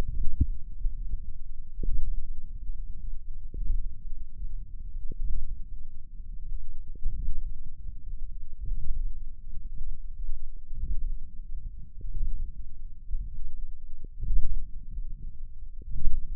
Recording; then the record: forearm muscle sounds (acoustic myography)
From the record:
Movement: ulnar deviation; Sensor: system 1, eight BSWA MPA416 microphones around the upper forearm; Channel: 5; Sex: female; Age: 21 years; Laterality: right